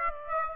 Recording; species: mosquito wingbeat signal from an infrared sensor; Aedes aegypti